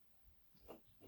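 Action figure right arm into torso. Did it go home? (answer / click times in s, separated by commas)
no / none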